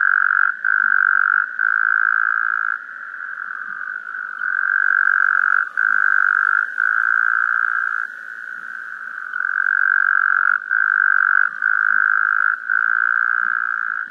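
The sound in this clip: Taipei tree frog producing long runs of rapid, buzzy trilling at a constant pitch, interrupted by short gaps roughly every second or two, with some louder and softer stretches.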